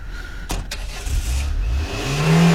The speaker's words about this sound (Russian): Машина резко тормозит на въезде во двор Ирининого дома.